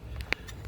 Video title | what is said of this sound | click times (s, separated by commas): honda accord crank sensor location | once you've got that into place simply push it in until you hear the tabs click | 0.3 s